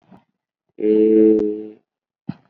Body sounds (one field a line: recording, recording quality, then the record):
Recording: sustained vowel as in made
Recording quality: excellent, no background noise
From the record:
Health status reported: COVID-19 positive, mild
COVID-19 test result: positive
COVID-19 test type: RT-PCR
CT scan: not taken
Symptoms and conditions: cough, cold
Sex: male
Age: 22 years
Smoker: no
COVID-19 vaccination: one dose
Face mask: worn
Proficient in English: yes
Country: India